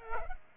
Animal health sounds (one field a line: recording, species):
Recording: mosquito wingbeat signal from an infrared sensor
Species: Culex pipiens